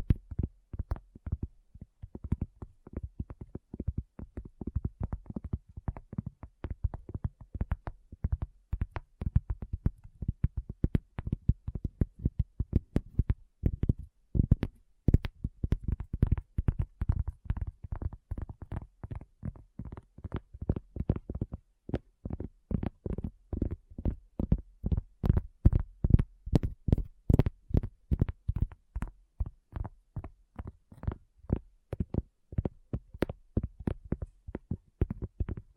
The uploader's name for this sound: ASMR Addictive Tapping